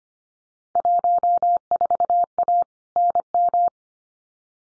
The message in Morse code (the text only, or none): 14A NM